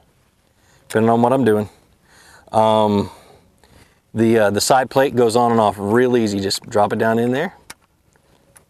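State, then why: Seated. Someone talks while the removable side plate of an Okuma Helios TCS baitcasting fishing reel is dropped into the reel frame and rotated until it locks. A few faint ticks follow the speech, then a sharp click at 8.6 s as the plate seats and holds in place.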